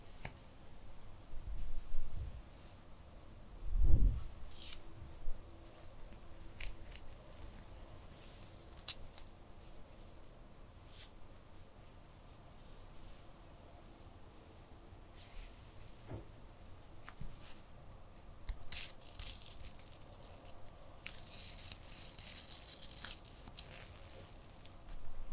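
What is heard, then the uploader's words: Hair play with gentle touching: soft rustling and brushing strokes run quietly throughout, with a louder thump and scrape near four seconds. Brighter, crisp swishing sounds gather between nineteen and twenty-four seconds, while the rest stays hushed and irregular. Cozy hair play + gentle face & shoulder touching.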